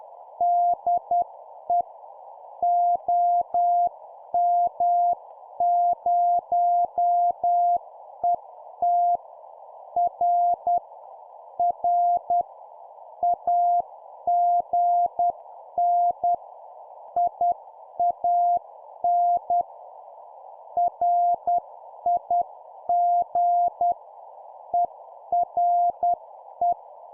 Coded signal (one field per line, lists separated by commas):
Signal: Morse code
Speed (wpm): 10 wpm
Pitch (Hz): 700 Hz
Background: none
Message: DE OM0ET R R AGN IAN RIG ERE